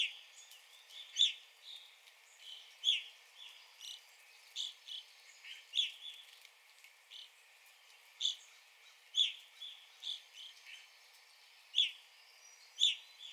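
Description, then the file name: Evening grosbeak: repeated sharp, high chirping calls, some louder and some softer, spaced unevenly throughout. Recorded on 9 April 2021. "2021-04-09 Evening Grosbeak"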